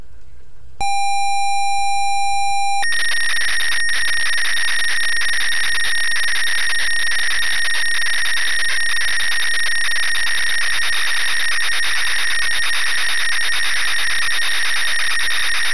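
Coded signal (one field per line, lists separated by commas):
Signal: ZX Spectrum tape loading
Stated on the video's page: ZX Spectrum 48K game loading from datasette tape.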